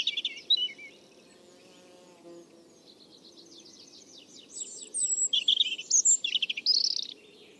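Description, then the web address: European robin singing: a brief high phrase, a quiet pause, then a fast, sparkling run of high twittering and trilled notes. "Deverinetal 2025 File origin Bird Only Er Ru"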